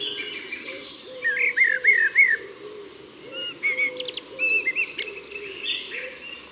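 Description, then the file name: Common blackbird singing mellow warbled phrases mixed with squeaky higher notes, with low repeated notes running beneath. "Turdus merula"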